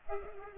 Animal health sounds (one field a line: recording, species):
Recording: mosquito wingbeat signal from an infrared sensor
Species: Culex pipiens